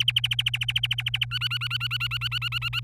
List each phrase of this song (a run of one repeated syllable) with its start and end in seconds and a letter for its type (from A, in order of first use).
0.00-1.25 A, 1.31-2.79 B